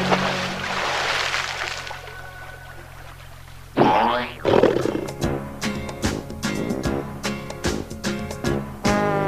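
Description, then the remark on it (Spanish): An elephant trumpets in a couple of loud, brassy blasts, followed by a run of sharp rhythmic hits and a low sustained musical tone underneath. “¿Qué es un elefante? Yo. Es de elefante.”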